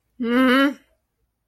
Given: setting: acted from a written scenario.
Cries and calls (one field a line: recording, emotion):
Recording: vocal sound without words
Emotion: embarrassment